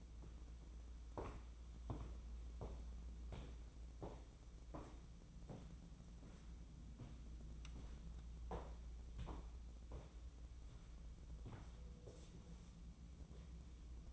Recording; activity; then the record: daily activity, microphone in the room; walk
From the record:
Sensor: 1